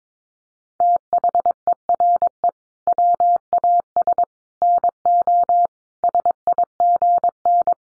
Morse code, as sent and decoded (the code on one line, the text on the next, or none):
- .... . .-. . / .-- .- ... / -. --- / ... .. --. -.
THERE WAS NO SIGN